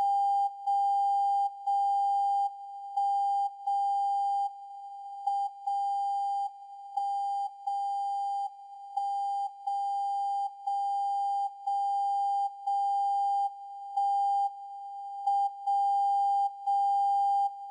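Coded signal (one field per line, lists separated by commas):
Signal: radio time signal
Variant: WWVB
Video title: WWVB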